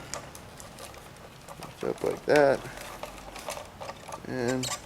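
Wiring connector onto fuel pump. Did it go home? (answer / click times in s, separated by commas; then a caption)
no / none. A wiring connector is handled at the fuel pump in the plastic pump assembly of a 1995–2000 Nissan Maxima, with light ticks and taps while someone talks. The electrical plug has not seated or clicked onto the fuel pump yet.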